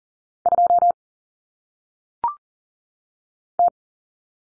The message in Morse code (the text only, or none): 2 T